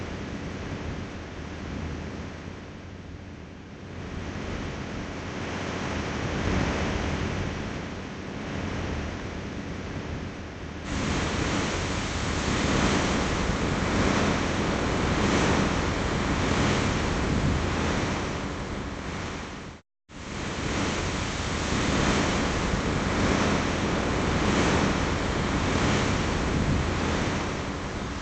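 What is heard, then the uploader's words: Waves roll in a continuous, dense wash of rushing noise with gentle rises and falls. The first ten seconds are softer, then the surge grows louder and fuller from about eleven seconds on. A sudden brief gap of silence breaks it near twenty seconds. Waves. Sitting on the beach.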